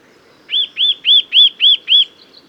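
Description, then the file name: Eurasian nuthatch giving a quick series of six loud, clear, arched whistled notes, evenly spaced about a quarter second apart, with faint chirps afterward. "Sitta europaea"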